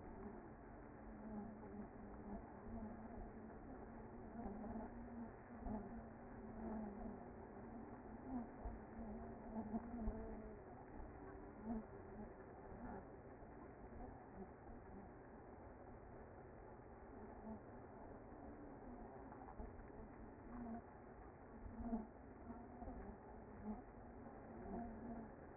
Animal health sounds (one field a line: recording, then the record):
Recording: honeybee colony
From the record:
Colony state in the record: active